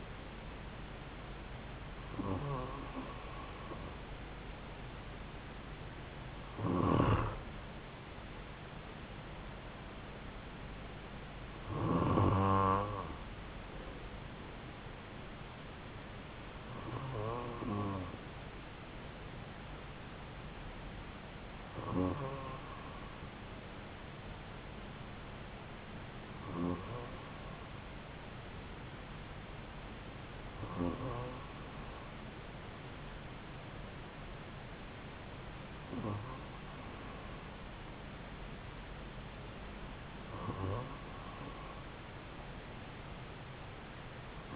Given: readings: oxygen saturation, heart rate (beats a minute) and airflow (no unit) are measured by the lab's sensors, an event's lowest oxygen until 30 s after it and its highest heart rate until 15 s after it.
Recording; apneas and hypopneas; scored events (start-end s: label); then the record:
breathing in sleep by a voice recorder at the bedside; none
none scored
From the record:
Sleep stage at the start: N2 (light sleep); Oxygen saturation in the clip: 94 to 96%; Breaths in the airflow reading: 9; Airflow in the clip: -3.5 to 5.3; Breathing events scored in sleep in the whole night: 270 in 6.1 hours asleep